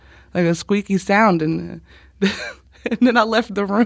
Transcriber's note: laughter